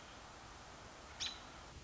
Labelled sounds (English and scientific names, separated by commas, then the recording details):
American Robin (Turdus migratorius)
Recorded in Sonoma County, California